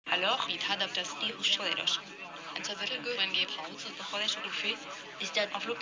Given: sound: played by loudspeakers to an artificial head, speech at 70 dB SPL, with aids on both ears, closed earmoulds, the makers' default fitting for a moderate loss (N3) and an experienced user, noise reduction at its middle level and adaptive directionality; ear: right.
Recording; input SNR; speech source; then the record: speech test signal (ISTS) in cocktail-party noise; 0 dB; on the right (90 degrees)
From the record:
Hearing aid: class 1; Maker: G